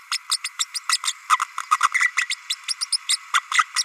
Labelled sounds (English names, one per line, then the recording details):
Green-rumped Parrotlet babbling
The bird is a female
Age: 32 days
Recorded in a nest box in Venezuela
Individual 17B32A5